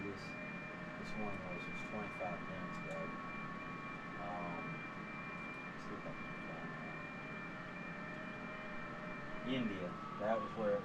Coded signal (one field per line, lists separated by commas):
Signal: FT8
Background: speech